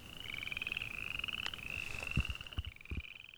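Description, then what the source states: Frogs calling, a steady high pulsing trill running almost without a break, with a few sharp clicks and low thumps underneath. Survey stop deep in the Wyoming prairie after 11 p.m., far from highway noise, during a summer mating-season frog survey.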